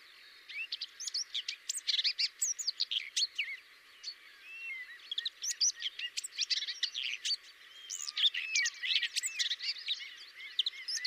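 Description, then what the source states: Common whitethroat singing a long, scratchy, rapid warble of chattering notes and short slurred whistles, with a brief pause near four seconds before resuming. Variant 5.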